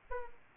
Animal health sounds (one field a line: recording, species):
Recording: mosquito wingbeat signal from an infrared sensor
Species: Aedes aegypti